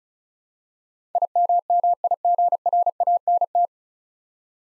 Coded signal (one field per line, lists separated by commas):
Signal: Morse code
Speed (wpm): 36 wpm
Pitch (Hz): 700 Hz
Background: none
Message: IMMIGRANT